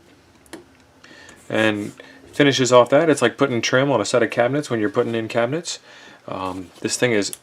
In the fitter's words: cover here that goes over top of the connectors that just snaps into place